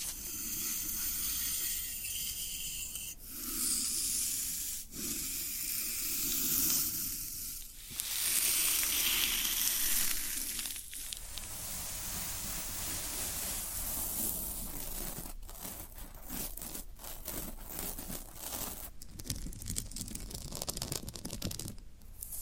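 Floral foam being handled, with steady crumbly hissing and scratching, broken by short gaps and denser crackling bursts toward the end.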